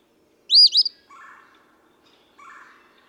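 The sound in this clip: Eastern phoebe giving one quick burry song phrase, then two soft, lower twittering sounds from another bird afterward.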